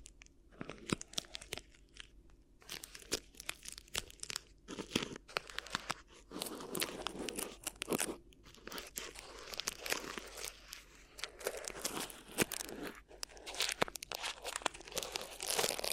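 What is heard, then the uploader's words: Crinkly ear massage: dense, irregular crinkling and crunching of a crisp material, with sharp bright crackles scattered throughout. The rustling comes in bursts with brief quieter gaps, busiest from about six seconds on. A low steady hum sits underneath. ASMR Addictive Crinkly Ear Massage (No Talking).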